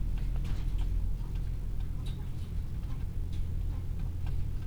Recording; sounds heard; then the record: poultry house recording; healthy chickens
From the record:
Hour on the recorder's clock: 15